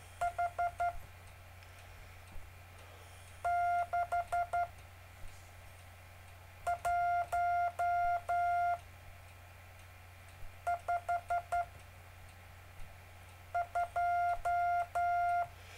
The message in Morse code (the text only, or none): H 6 1 5 2